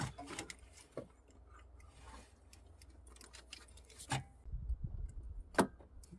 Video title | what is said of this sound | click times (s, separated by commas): Starter replacement 2018 - 2024 Toyota Camry | just push it in until you hear it clip into place | 5.6 s